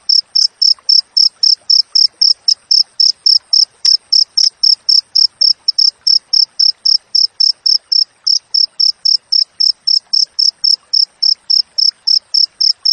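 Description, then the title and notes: Cricket calling with rapid, regular high chirps, almost four per second, continuing unbroken throughout. Wild crickets with clear, closely spaced chirps, for training songbirds and for repelling rats. "Masteran Jangkrik Alam Jernih, Jeda Rapat Cocok Untuk Masteran Burung Dan Mengusir Tikus. suara jangkrik"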